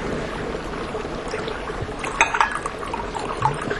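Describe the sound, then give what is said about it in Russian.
Water pours into a cup in a steady, hissing stream, with a few brighter splashes and gurgles partway through, moderately loud and with no voices. “А вот, вот вода.”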